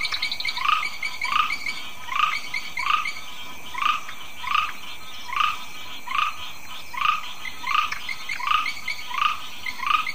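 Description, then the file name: Grass frog calling: a steady series of brief pulsed notes that rise sharply in pitch. "Ptychadena trinodis"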